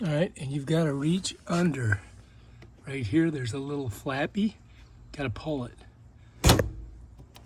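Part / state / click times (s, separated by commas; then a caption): hood release lever and cable opening the car's hood latch / released / 6.5 s. Someone talks while reaching under the dash of a Subaru Impreza and pulling the hood release flap, a plastic lever on a cable. At 6.5 s the hood latch releases with a sharp pop, followed by faint small clicks, and the hood is opened.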